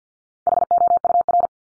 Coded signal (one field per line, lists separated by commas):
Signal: Morse code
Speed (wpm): 50 wpm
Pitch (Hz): 700 Hz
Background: none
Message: HOUR